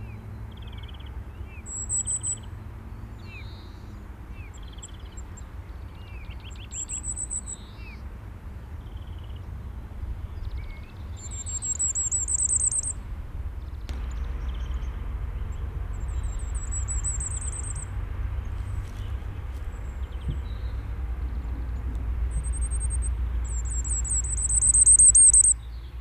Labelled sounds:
Common Firecrest (Regulus ignicapilla) song
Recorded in the wild
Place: Garmisch-Partenkirchen, Bayern, DE
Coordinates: 47.4886, 11.1267
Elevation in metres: 817
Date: 1969-04-11
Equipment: Uher 4000, Sennheiser MKH 405
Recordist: Tretzel, Erwin

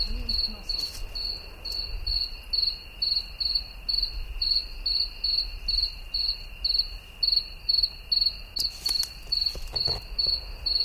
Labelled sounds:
Two-spotted Cricket (Gryllus bimaculatus) stridulation
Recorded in the wild
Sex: male
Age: imago
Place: Chania, Insel Kreta, GR
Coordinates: 35.5164, 24.0189
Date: 1996-10-12 21:00
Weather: 17°C, cloudy
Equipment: Sony MD-WM MZ-R3, Sennheiser MKH 416 T, Kopie Uher 4000 Report Monitor
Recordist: Tembrock, Günter

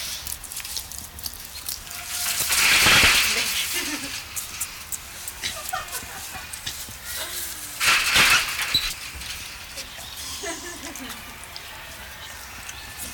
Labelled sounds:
Mandrill (Mandrillus sphinx) call
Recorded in captivity
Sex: diverse
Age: diverse
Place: Zoo Augsburg, Bayern, DE
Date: 1993-09-04
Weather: 14 °C, bedeckt, z.T. Regen
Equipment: Marantz CP 430, Sennheiser MKH 416 T, Kopie Uher Variocord 263
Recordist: Tembrock, Günter

